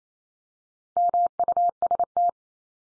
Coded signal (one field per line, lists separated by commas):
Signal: Morse code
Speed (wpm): 28 wpm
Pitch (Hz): 700 Hz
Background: none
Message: MUST